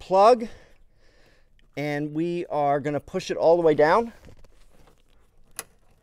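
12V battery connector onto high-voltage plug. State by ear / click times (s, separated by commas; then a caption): seated / 5.6 s. On a Tesla Model 3, someone talks while the 12 V battery connector is pushed all the way down onto the high-voltage plug. A short, sharp snap at 5.6 seconds marks it seating, and it is then tugged to confirm it is firmly seated.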